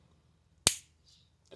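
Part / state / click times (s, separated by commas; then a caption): repair-kit end fitting on an air hose / seated / 0.7 s. A hose repair kit fitting, or collar, is pushed up onto a 3/8" rubber Flexzilla air hose until it clicks and pops into place. A single sharp click rings out at 0.7 s and trails off over a low background hum, followed by a faint short knock near 1.5 s. The fitting is seated and good to go.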